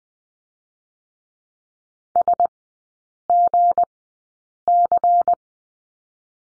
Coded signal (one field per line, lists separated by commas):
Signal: Morse code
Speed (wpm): 20 wpm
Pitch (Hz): 700 Hz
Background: none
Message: SGC